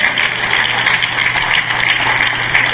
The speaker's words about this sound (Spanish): Denle fuertes aplausos porque es para el Señor.